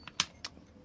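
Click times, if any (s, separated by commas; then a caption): 0.2 s. A key turned to the right in the mortice lock cylinder of an LW 3572 lock (570 cam) drives the metal cam until it clicks into the locked position, locking the handles. A faint tick at 0.1 s is followed by the loud, sharp cam click at 0.2 s and a softer metallic click at 0.5 s. The cam is seated in the locked position.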